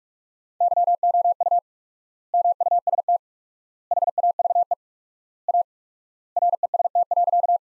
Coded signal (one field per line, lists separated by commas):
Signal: Morse code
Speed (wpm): 47 wpm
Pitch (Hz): 700 Hz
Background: none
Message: YOU MUST HAVE A REST.